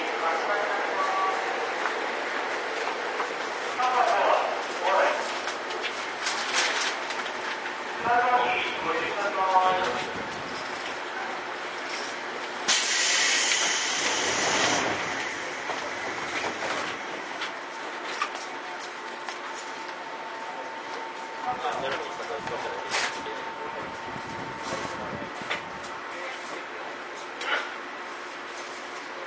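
A ride aboard a Seibu old 2000 series train between Seibu-Shinjuku and Hon-Kawagoe, with a steady running rumble throughout and voices in the first ten seconds. A loud hissing burst comes around thirteen to fifteen seconds, then a thin steady whine holds to the end.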